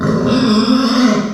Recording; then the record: squeal of a Yucatan mini pig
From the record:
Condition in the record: after surgery on the right vocal fold (resection and tissue-engineered implant); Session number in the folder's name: 14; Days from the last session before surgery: 133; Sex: female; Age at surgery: 19 weeks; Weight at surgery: 25 kg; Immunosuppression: prednisolone